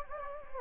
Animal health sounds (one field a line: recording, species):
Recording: mosquito wingbeat signal from an infrared sensor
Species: Anopheles gambiae